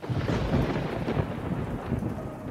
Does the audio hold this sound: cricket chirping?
no